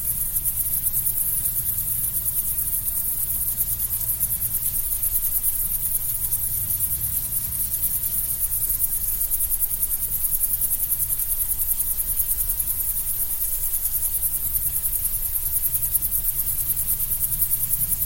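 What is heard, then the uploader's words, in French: A calm evening in the countryside, filled with a dense, unbroken high-pitched chirring of crickets or other insects. A low, steady rumble sits underneath, and the level stays even for the whole stretch, with no separate events standing out. Soir calme à la campagne.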